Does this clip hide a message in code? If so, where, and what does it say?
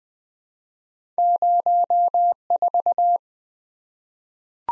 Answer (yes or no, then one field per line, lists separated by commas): yes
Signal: Morse code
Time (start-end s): 1.2-3.2 s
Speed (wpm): 20 wpm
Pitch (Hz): 700 Hz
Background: none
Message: 04